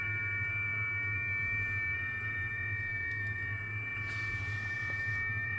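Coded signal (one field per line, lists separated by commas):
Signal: FT8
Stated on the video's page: FT8 from a Xiegu X6100 with JTDX.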